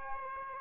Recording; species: mosquito wingbeat signal from an infrared sensor; Aedes aegypti